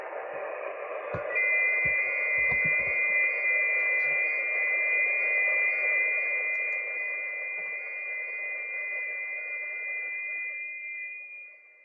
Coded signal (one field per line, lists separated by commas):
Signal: FT8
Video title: Danny Shortwave And Radio DX Live Stream #217 4/16/2025 6 Meter Band opening FT8